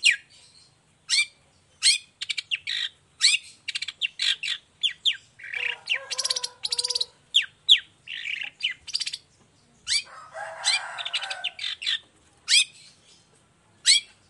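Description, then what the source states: Long-tailed shrike song, a busy medley of scratchy chatters, sharp chips and short whistles, with a couple of harsher buzzy bursts in the middle. Morning singing; described as a lively, clear, highly varied song with 'toet toet' notes, offered as a model for other long-tailed shrikes to copy.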